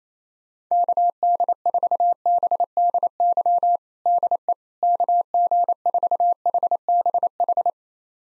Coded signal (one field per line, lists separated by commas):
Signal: Morse code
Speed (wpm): 28 wpm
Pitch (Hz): 700 Hz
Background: none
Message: KD4BDY DE KG4HBH